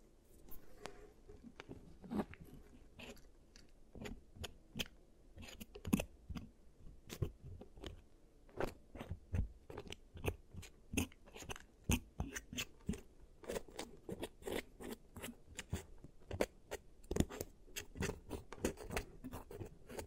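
Crisp clicks, taps and crunches from an ASMR giant teeth treatment come several times a second for the whole stretch, uneven in spacing and loudness. A soft, low rumble sits under the sharp snaps, with a few brighter, harder clicks standing out along the way.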